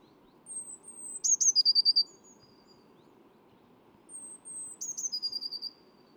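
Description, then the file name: Eurasian blue tit song of high thin whistles running into a quick tinkling trill, given twice with a pause between phrases. "Cyanistes caeruleus"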